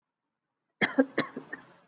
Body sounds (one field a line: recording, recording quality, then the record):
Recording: shallow voluntary cough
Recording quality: excellent, no background noise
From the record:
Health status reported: exposed to COVID-19, no respiratory illness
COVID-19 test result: not tested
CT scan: not taken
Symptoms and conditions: none ticked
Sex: female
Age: 24 years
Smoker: yes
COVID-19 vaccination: both doses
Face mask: worn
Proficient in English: yes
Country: India